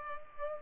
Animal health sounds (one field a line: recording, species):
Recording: mosquito wingbeat signal from an infrared sensor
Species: Culex pipiens